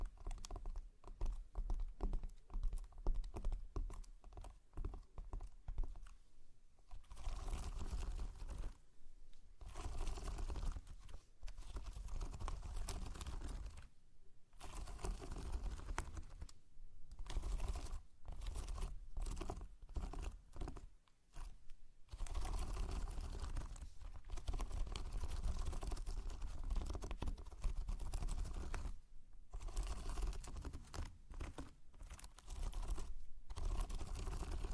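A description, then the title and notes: Slime being squished and pressed gives a dense run of wet, clicking pops and crackles that sounds almost like fast typing. The crackling is nearly continuous, broken by brief silent gaps around 7, 9, 14, 17, 21 and 29 seconds, with a low rumble underneath. ASMR SLIME! 5 Satisfying Slimes.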